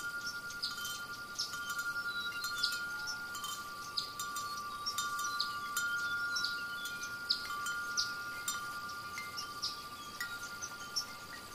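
Chimes ring with a steady high sustained tone and frequent bright tinkling strikes, over a soft hiss and scattered faint bird-like chirps.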